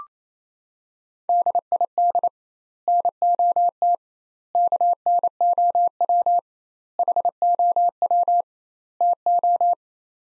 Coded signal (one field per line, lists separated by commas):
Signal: Morse code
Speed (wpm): 28 wpm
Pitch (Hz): 700 Hz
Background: none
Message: DID NOT KNOW HOW TO